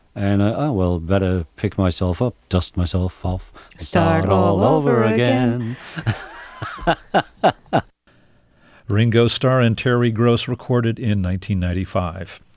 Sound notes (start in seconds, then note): 3.6 singing; 5.7 singing; 7.8 laughter